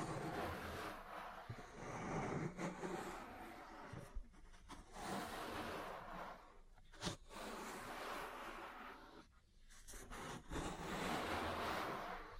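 Ear cleaning and massage sounds: dense, rustling scratches and rubbing with sharp taps near 4, 7 and 10.5 seconds, briefly quieter around 9 seconds.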